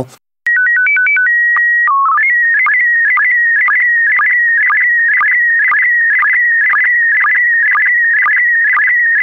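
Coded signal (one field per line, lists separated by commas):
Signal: SSTV (slow-scan television)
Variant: PD 120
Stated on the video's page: SSTV-style image transmissions in DRM: four Christmas cards and one picture.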